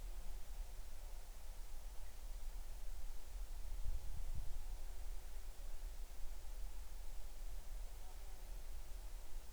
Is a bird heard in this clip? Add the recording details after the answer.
no. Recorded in the Arctic National Wildlife Refuge, Alaska, on 20 July 2019 at 02:52. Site 38